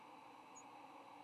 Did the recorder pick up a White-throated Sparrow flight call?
no